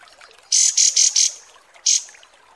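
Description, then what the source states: Pied Triller calls: four loud harsh buzzy notes in quick succession, a short gap, then one more harsh note. Masteran, a tutor song for training cage birds, of kapas tembak, described as mewah (luxurious).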